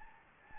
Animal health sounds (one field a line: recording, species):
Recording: mosquito wingbeat signal from an infrared sensor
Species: Anopheles gambiae